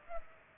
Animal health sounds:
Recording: mosquito wingbeat signal from an infrared sensor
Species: Culex pipiens

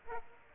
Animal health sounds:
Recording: mosquito wingbeat signal from an infrared sensor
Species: Aedes aegypti

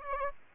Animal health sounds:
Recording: mosquito wingbeat signal from an infrared sensor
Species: Aedes aegypti

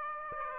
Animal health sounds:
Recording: mosquito wingbeat signal from an infrared sensor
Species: Aedes aegypti

